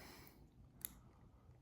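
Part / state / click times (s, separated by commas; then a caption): plastic locking tab going into the slot of a hollow fishing bait body / seated / 0.9 s. The plastic insert tab of a hollow Brad's Skinny Mini fishing bait body is pushed down into its slot and locks into place. One sharp click at 0.9 s stands out over a low, steady background, with a much fainter tick earlier. The tab is seated and locked.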